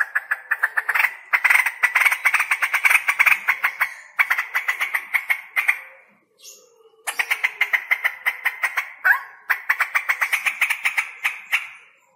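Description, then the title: Straw-headed bulbul trilling, long runs of rapid, evenly spaced loud pulses in bursts of several seconds, broken by short pauses. Male; loud voice, singing persistently (gacor); long 'roo-el' trills; a masteran recording for training other birds. "GILEEE Cucak ROWO Jantan GACOR Suara Lantang ROoo EL Panjang"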